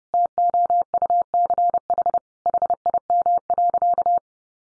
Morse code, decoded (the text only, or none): TOUCH HIM.